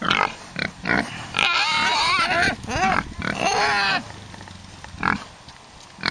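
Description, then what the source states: Pigs squealing: several loud, shrill harmonic squeals that waver up and down, overlapping in bursts, with shorter grunting squeaks between them. A group of pigs squealing.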